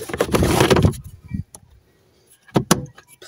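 The cabin air filter and its plastic cover are pressed back into the filter housing behind the glovebox of a Toyota Yaris, pushed on the right and left sides until they click into place. Rustling and handling noise fill the first second, then it goes mostly quiet before a sharp, loud snap at 2.7 s as the cover seats.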